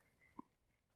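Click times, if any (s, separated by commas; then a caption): 0.4 s. While reinstalling a Haldex pump, a plastic wiring-harness plug is pushed blind onto a hidden upper connector on the pump/module. One sharp, short click sounds at 0.4 s over a quiet background. The harness connector is seated.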